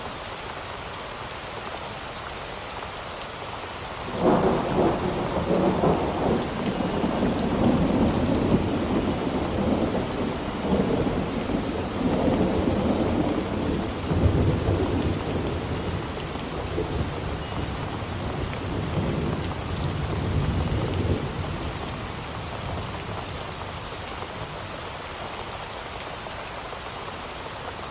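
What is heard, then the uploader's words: Steady rain hisses throughout, a dense even patter. Around four seconds a deep rumble of thunder rolls in and swells, lingering with low grumbling until about twenty-one seconds, then fades back to the plain wash of rain. A Relaxing Storm.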